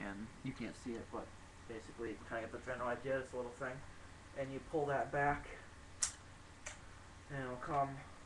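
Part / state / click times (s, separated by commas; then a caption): folding stock on an airsoft rifle receiver / not seated / none. Someone talks while handling the folding stock on the receiver of an airsoft AK74U replica, pulling it back after releasing its small catch so it can swing out to the extended position. Two brief, sharp handling sounds come at about 6.0 and 6.7 seconds between the speech. The stock has not yet locked open, and nothing has seated or clicked by the end of the clip.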